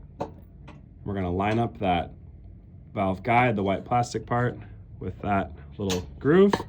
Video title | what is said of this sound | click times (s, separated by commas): Andreas Eastman Baritone valve assembly | So right here, that's where that little plastic piece, the second valve is gonna click into place. | 0.2 s